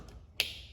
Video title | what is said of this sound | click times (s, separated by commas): Rebuilding a Wrecked 2021 Toyota Supra !!! Part 3 | Make sure you hear that clicking sound that it locks down. | 0.4 s